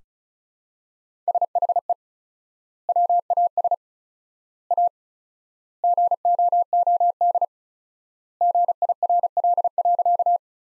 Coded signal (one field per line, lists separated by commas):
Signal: Morse code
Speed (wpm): 36 wpm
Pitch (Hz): 700 Hz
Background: none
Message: SHE WAS A GOOD GIRL.